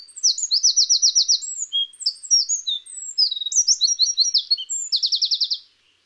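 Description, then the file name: Eurasian wren song: loud, very high, rapid mix of sharp chips and quick whistled notes, opening and closing with fast trills of several notes. "Troglodytes troglodytes"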